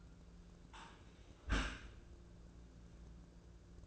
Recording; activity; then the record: daily activity, microphone in the room; close dishwasher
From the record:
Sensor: 2